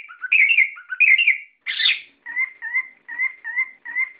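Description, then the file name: Songbird song: warbled twittering phrases, one harsh buzzy burst, then a two-note whistle repeated steadily several times. Masteran, song-training audio used for cage birds. "masteran omkicau"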